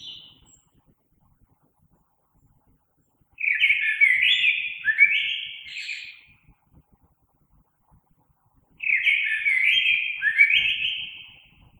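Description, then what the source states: Common blackbird song in two rich, flowing warbled phrases with a squeaky flourish, separated by several seconds of quiet. Recorded 3 March 2020.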